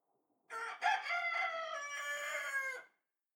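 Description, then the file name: Rooster crowing once, a harsh broken opening followed by a long drawn-out note, then silence. "cock cry"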